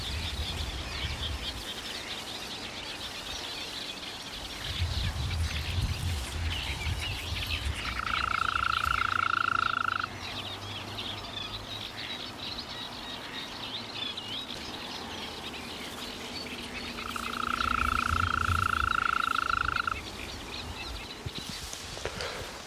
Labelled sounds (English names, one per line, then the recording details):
Green Toad call
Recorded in the wild
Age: adult
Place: Berlin, OT Karow, Berlin, DE
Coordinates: 52.6228, 13.4597
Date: 1988-05-29 11:03
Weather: sonnig, Luft 25,5°C, Wasser 19°C
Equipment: Nagra SN (Automatik), Kopie Tesla B 116
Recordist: Tembrock, Günter